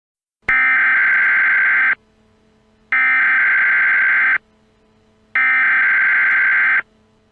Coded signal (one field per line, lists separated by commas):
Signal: Emergency Alert System (SAME) tones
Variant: header bursts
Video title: TO THE FRONTROOMS - A Backrooms EAS Scenario (#6)